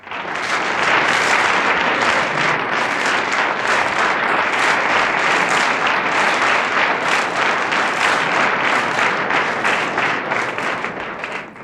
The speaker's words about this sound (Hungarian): amelyik színész akár kicsi, akár nagy szerepet játszik, de remekül, parádésan, azt megtapsolja a közönség.